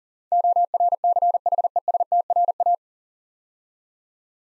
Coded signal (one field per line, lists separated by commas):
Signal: Morse code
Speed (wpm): 41 wpm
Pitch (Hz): 700 Hz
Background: none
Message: ORCHESTRA